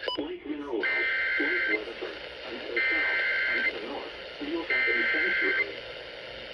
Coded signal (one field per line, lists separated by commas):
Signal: Emergency Alert System (SAME) tones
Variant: header bursts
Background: speech